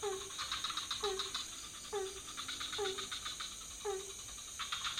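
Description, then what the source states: Frogs in chorus: five brief croaks at a regular pace, mixed with clattering pulse trains and a continuous thin high hiss. Several frog species calling at night in a pond near a hotel in Ubud, Bali, Indonesia; recorded on Sony PCM D50 with Rode NT4 microphone on boompole.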